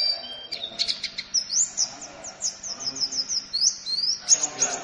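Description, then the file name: White-eye giving a quick series of high, rising and falling whistled notes over a faint low background hum. White-eye from Lombok; recording used for training songbirds. "pleci lombok omkicau"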